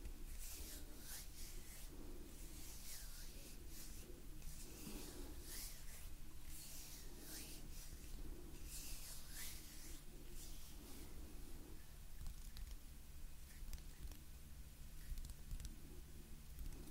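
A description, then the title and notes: Gentle hand movements rustle and brush in repeated soft strokes over a steady low hum, with faint breaths drifting in throughout. Gentle Hand Sounds Movements & Breathing.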